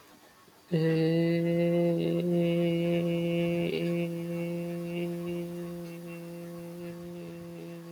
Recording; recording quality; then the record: sustained vowel as in made; moderate, slight background noise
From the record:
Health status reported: healthy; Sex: male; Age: 22 years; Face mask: not worn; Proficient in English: yes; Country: India